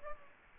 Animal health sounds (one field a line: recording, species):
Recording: mosquito wingbeat signal from an infrared sensor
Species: Aedes aegypti